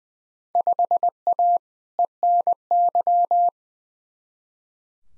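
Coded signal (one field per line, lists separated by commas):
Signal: Morse code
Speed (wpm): 20 wpm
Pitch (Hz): 700 Hz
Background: none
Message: 5A ENY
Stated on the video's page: Randomly selected Field Day exchanges sent in Morse at 20 wpm as head-copy practice, each sent, spoken, then sent again.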